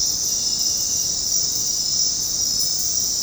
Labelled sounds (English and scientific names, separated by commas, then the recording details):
none
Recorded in dense forest near Puerto Asís, Putumayo, Colombia, on 18 February 2024 at 22:00
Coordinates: 0.503, -76.322
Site G6418